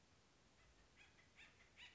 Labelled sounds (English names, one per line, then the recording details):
Acorn Woodpecker
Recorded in Sonoma County, California